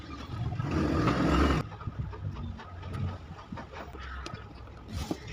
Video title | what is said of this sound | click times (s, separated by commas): Mitsu Deskfan ugong lang Wala hangin..palit bushing sa harap#repair #diy #shortvideo #trending | naipasok na natin yung ano yung gilid niya yung lock flow Ayan naka-lock | 4.3 s